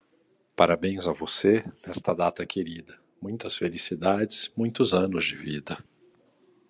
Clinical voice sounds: short text; Brazilian Portuguese; male; 50 to 59 years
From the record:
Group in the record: control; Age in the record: 53 years

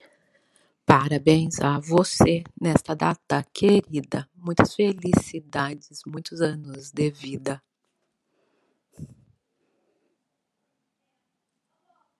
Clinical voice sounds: short text; Brazilian Portuguese; female; 40 to 49 years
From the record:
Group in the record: control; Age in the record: 44 years

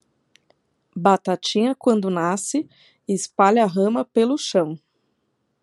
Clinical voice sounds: short text; Brazilian Portuguese; female; 40 to 49 years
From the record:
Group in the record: control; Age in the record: 42 years

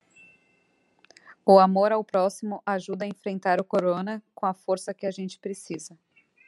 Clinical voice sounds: spoken sentence; Brazilian Portuguese; female; 30 to 39 years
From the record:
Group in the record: control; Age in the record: 36 years

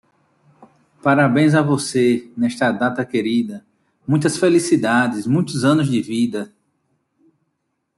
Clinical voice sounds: short text; Brazilian Portuguese; male; 40 to 49 years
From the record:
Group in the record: control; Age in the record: 41 years

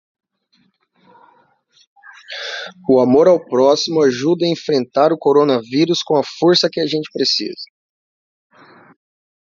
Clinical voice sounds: spoken sentence; Brazilian Portuguese; male; 20 to 29 years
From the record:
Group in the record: control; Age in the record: 28 years

